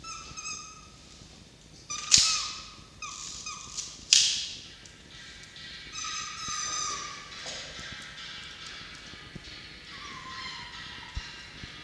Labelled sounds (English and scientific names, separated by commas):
Red Fox (Vulpes vulpes)